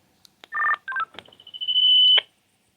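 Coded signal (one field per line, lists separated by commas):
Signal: radio ID data burst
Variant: Motorola MDC1200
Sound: quarter-second warbling data chirp, a few quick tone steps, then a long high beep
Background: radio squelch clicks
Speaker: If I press the push to talk, this is radio 802. So on this display, since it has MDC enabled, it should display 802.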